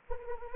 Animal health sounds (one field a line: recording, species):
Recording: mosquito wingbeat signal from an infrared sensor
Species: Anopheles arabiensis